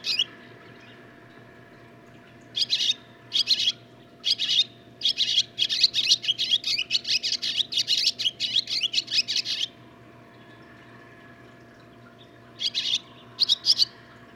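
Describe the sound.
Barn swallow song: lively twittering phrases building into a dense, scratchy chatter for several seconds, then silence and a brief final burst.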